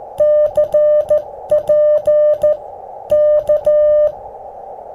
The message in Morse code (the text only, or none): CP K